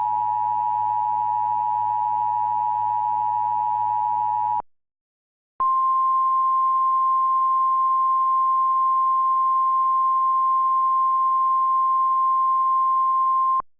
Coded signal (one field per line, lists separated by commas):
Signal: Emergency Alert System (SAME) tones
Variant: 853 and 960 Hz attention tone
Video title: EAS Recreation (5/3/2011): Hey look it's on my Birthday